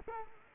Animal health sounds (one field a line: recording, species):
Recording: mosquito wingbeat signal from an infrared sensor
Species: Culex quinquefasciatus